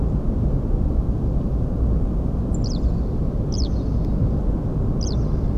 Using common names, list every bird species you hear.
Song Thrush, Eurasian Skylark